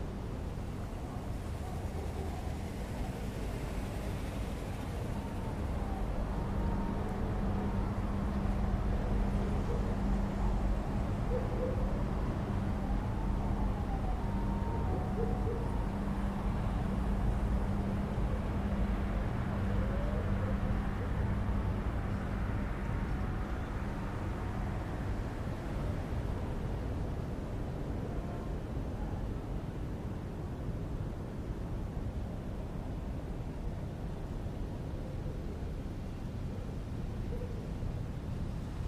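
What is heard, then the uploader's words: A quiet residential street at night, filled with a steady low rumble and hum that stays even throughout. A faint droning tone runs underneath, and soft rising and falling calls, possibly an owl hooting, surface now and then around the middle. Quiet neighbourhood street ambience | residential area at night. Distant sound. Close up binaural sound.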